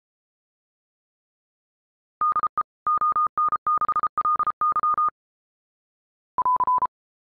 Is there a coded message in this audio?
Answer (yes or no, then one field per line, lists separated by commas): yes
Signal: Morse code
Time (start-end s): 2.2-5.1 s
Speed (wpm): 33 wpm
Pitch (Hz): 1220 Hz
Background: none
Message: DE ON6LY